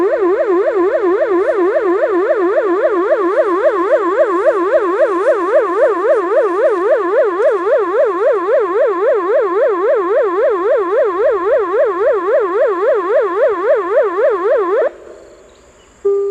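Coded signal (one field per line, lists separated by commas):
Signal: siren signal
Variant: fast rising-falling electronic siren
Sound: rapid up-down warbling siren tone, about four cycles per second, ending abruptly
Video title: Siren signal "FLOOD DANGER" (Malaysia 🇲🇾) | Pavian 1200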